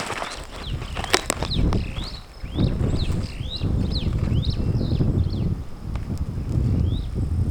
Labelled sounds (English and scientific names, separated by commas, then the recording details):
Superb Starling (Lamprotornis superbus) flight call
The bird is a male
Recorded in Kenya on 18 May 2010
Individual 113, of group WDB